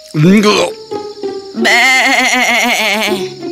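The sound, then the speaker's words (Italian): A goat bleats: first a short, loud cry, then after a brief pause a long, trembling bleat that wavers rapidly in pitch for nearly two seconds. “E mi è stato detto che colui che mi costringe a rispondere a qualsiasi domanda prima di completare la mia ricerca sarà trasformato in una capra.”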